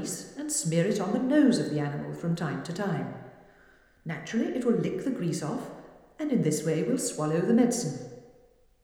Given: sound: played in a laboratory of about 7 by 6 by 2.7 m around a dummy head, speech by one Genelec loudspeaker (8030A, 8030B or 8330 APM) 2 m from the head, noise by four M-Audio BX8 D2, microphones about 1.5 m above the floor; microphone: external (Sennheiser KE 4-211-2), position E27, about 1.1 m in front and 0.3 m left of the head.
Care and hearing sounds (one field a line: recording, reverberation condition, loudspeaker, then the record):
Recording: female speech in English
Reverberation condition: high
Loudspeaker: 30 degrees to the left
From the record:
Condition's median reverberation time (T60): about 1300 ms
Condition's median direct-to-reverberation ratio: about -4.0 dB